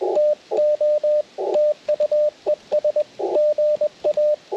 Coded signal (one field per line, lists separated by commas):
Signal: Morse code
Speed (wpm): 21 wpm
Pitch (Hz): 600 Hz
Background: radio noise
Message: TO TU ES GA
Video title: Band Hopping w/ Elecraft T1 & PackTenna 9:1 - CW POTA Activation - 10/9/23 @ K-4451